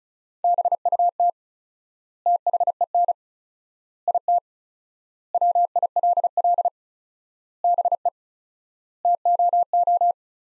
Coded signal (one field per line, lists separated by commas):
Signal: Morse code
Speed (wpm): 36 wpm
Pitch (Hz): 700 Hz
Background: none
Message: BUT THEN IT WILL BE TOO